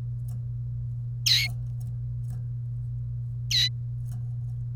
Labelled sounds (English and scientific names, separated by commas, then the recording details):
Domestic Canary (Serinus canaria) song
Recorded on 1 May 2018 at 11:45
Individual llb3